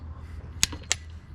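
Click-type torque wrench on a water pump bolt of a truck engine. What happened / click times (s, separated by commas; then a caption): The torque wrench clicked at its setting / 0.6 s, 0.9 s. A click-type torque wrench set in foot-pounds tightens water pump bolt number seven on the 4.7L V8 engine of a Dodge Ram 1500. Over a steady low hum, the wrench gives two sharp clicks at 0.6 s and 0.9 s, with fainter ticks between them. The bolt reaches its setting and is confirmed torqued.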